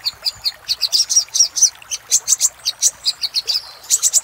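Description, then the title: Little spiderhunter song: a quick series of bright high chirps continuing throughout the short stretch. Master recording used for training cage birds. "Masteran Burung Sogok Ontong Labaik"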